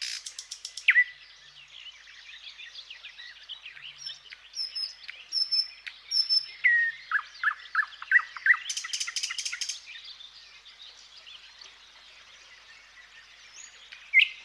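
Thrush nightingale song: a rapid clicking burst, varied whistles and chopped notes, then a loud rattling series and softer twittering.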